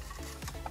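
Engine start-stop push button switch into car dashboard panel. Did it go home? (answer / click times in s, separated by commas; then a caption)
no / none. A new engine start-stop push-button switch for a 325i, 328i, 335i, 316i, 318i, 320i, 335d or 320d is handled at its opening in the car's dashboard trim panel, ready to be pushed in from the outside in. Brief handling knocks and ticks are heard around 0.4 s, 0.5 s and 0.7 s over a low steady hum. Nothing has seated or clicked into place yet.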